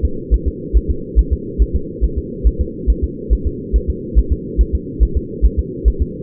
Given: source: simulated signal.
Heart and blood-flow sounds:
fetal heart sounds
0.05 s: S2
0.34 s: S1
0.48 s: S2
0.77 s: S1
0.91 s: S2
1.19 s: S1
1.33 s: S2
1.62 s: S1
1.76 s: S2
2.04 s: S1
2.18 s: S2
2.47 s: S1
2.61 s: S2
2.90 s: S1
3.04 s: S2
3.33 s: S1
3.47 s: S2
3.76 s: S1
3.90 s: S2
4.19 s: S1
4.33 s: S2
4.61 s: S1
4.75 s: S2
5.03 s: S1
5.17 s: S2
5.45 s: S1
5.59 s: S2
5.88 s: S1
6.02 s: S2
From the record:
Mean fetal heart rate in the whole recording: 140 bpm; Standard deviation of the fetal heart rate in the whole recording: 2 bpm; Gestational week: 34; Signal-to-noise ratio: -4.3 dB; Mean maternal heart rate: 72 bpm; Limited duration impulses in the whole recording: present

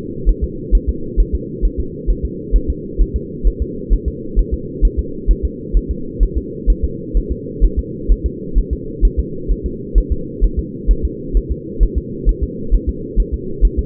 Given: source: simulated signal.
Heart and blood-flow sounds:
fetal heart sounds
0.29 s: S1
0.44 s: S2
0.75 s: S1
0.89 s: S2
1.20 s: S1
1.35 s: S2
1.65 s: S1
1.80 s: S2
2.10 s: S1
2.25 s: S2
2.56 s: S1
2.70 s: S2
3.01 s: S1
3.16 s: S2
3.47 s: S1
3.62 s: S2
3.93 s: S1
4.08 s: S2
4.39 s: S1
4.54 s: S2
4.85 s: S1
4.99 s: S2
5.31 s: S1
5.45 s: S2
5.77 s: S1
5.91 s: S2
6.23 s: S1
6.38 s: S2
6.70 s: S1
6.84 s: S2
7.17 s: S1
7.32 s: S2
7.65 s: S1
7.79 s: S2
8.12 s: S1
8.26 s: S2
8.58 s: S1
8.73 s: S2
9.05 s: S1
9.19 s: S2
9.52 s: S1
9.66 s: S2
9.98 s: S1
10.12 s: S2
10.44 s: S1
10.59 s: S2
10.91 s: S1
11.05 s: S2
11.37 s: S1
11.52 s: S2
11.83 s: S1
11.98 s: S2
12.29 s: S1
12.43 s: S2
12.75 s: S1
12.89 s: S2
13.20 s: S1
13.34 s: S2
13.65 s: S1
13.79 s: S2
From the record:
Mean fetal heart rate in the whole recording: 130 bpm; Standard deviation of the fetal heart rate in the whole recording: 2 bpm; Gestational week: 36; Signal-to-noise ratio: -4.3 dB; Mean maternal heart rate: 72 bpm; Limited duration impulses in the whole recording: absent

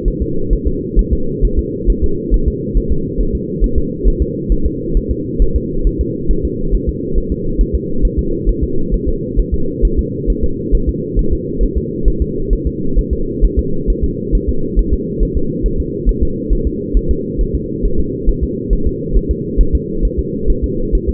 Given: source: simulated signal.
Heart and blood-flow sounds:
fetal heart sounds
0.08 s: S1
0.22 s: S2
0.53 s: S1
0.68 s: S2
0.99 s: S1
1.13 s: S2
1.45 s: S1
1.59 s: S2
1.90 s: S1
2.04 s: S2
2.34 s: S1
2.48 s: S2
2.78 s: S1
2.92 s: S2
3.21 s: S1
3.35 s: S2
3.64 s: S1
3.78 s: S2
4.08 s: S1
4.22 s: S2
4.52 s: S1
4.66 s: S2
4.97 s: S1
5.11 s: S2
5.42 s: S1
5.56 s: S2
5.87 s: S1
6.01 s: S2
6.31 s: S1
6.45 s: S2
6.75 s: S1
6.89 s: S2
7.18 s: S1
7.32 s: S2
7.61 s: S1
7.75 s: S2
8.05 s: S1
8.19 s: S2
8.49 s: S1
8.64 s: S2
8.94 s: S1
9.09 s: S2
9.40 s: S1
9.54 s: S2
9.85 s: S1
9.99 s: S2
10.30 s: S1
10.44 s: S2
10.75 s: S1
10.89 s: S2
11.19 s: S1
11.33 s: S2
11.63 s: S1
11.78 s: S2
12.08 s: S1
12.22 s: S2
12.53 s: S1
12.67 s: S2
12.99 s: S1
13.13 s: S2
13.45 s: S1
13.59 s: S2
13.90 s: S1
14.04 s: S2
14.35 s: S1
14.49 s: S2
14.79 s: S1
14.94 s: S2
15.23 s: S1
15.37 s: S2
15.66 s: S1
15.80 s: S2
16.09 s: S1
16.23 s: S2
16.53 s: S1
16.67 s: S2
16.97 s: S1
17.11 s: S2
17.41 s: S1
17.55 s: S2
17.85 s: S1
18.00 s: S2
18.29 s: S1
18.44 s: S2
18.73 s: S1
18.87 s: S2
19.17 s: S1
19.31 s: S2
19.61 s: S1
19.75 s: S2
20.05 s: S1
20.19 s: S2
20.50 s: S1
20.64 s: S2
20.95 s: S1
21.09 s: S2
From the record:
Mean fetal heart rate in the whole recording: 135 bpm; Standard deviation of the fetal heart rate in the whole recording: 3 bpm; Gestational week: 36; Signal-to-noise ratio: -8.1 dB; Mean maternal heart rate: 72 bpm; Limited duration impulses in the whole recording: absent

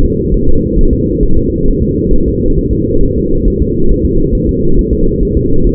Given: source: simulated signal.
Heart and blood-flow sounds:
fetal heart sounds
0.05 s: S2
0.34 s: S1
0.48 s: S2
0.79 s: S1
0.93 s: S2
1.23 s: S1
1.37 s: S2
1.68 s: S1
1.83 s: S2
2.14 s: S1
2.28 s: S2
2.59 s: S1
2.73 s: S2
3.03 s: S1
3.18 s: S2
3.48 s: S1
3.62 s: S2
3.91 s: S1
4.06 s: S2
4.35 s: S1
4.49 s: S2
4.79 s: S1
4.93 s: S2
5.23 s: S1
5.37 s: S2
5.67 s: S1
From the record:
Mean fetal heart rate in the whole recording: 135 bpm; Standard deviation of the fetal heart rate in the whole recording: 3 bpm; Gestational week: 36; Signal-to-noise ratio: -19.1 dB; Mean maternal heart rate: 72 bpm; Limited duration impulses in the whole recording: present

